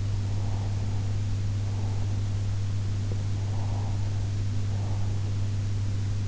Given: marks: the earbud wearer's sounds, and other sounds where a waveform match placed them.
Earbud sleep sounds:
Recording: sounds in sleep by an in-ear microphone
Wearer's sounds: breath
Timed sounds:
0.04-2.55 s: breath
3.55-5.56 s: breath

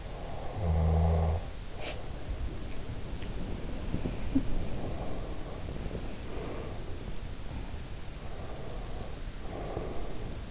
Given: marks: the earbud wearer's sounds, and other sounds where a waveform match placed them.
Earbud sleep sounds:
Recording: sounds in sleep by an in-ear microphone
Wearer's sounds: snoring breath, body movement, breath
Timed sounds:
0.00-1.54 s: snoring breath
1.78-7.93 s: body movement
8.15-10.51 s: breath

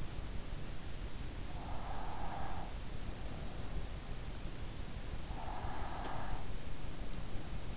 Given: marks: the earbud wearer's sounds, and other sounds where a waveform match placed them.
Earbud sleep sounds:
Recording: sounds in sleep by an in-ear microphone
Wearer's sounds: breath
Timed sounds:
1.41-2.94 s: breath
5.14-6.72 s: breath

